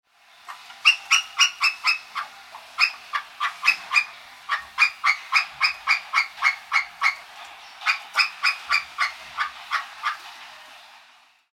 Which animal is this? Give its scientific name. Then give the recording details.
Tupaia glis. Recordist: Tembrock, Günter. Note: Lautfolge